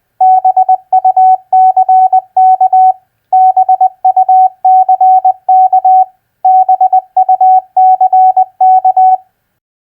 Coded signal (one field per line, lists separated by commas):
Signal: Morse code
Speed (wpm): 20 wpm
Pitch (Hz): 750 Hz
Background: none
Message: BUCK BUCK BUCK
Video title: Morse Code Practice Word Recognition FISH-BIRD-BUCK 20wpm Repeated